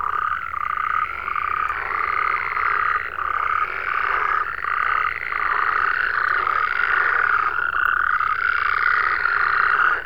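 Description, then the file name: Many frogs croaking at once in a dense, pulsing chorus. "Digiffects Sound Effects Library - Frogs"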